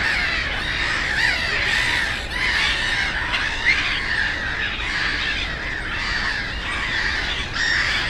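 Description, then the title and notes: Black-headed gulls calling loudly and continuously, a rough, squawking chorus of many birds, with background road noise. Many black-headed gulls, loudest of plentiful birds at Żabie Doły (Frog Ponds) complex, former coal-mining land, Bytom, Poland; nearby DK79 road and railway audible; recorded with Zoom F4 and AT BP4025. "Żabie Doły, Bytom, Polska - Black-headed gulls at Frog Ponds complex. The ponds are now filled with plenty of birds with black-headed gulls being the loudest. Najgłośniejsze okazały się śmieszki"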